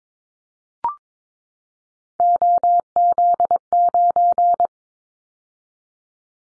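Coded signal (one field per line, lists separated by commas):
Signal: Morse code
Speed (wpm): 22 wpm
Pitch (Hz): 700 Hz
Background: none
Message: OZ9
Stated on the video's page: Morse practice drill of common callsign prefixes for top 50 DXCC entities at 22 wpm, each sent twice for head-copy training.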